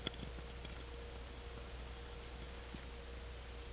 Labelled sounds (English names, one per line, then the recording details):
none
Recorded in secondary vegetation near Puerto Asís, Putumayo, Colombia, on 21 December 2024 at 14:30
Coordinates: 0.488, -76.319
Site GP04